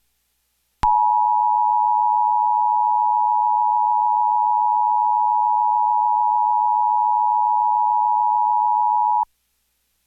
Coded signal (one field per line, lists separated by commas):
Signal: Emergency Alert System (SAME) tones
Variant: 853 and 960 Hz attention tone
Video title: Local On The 8s + EAS Required Monthly Test- Oct. 16, 2014- 10:18AM PDT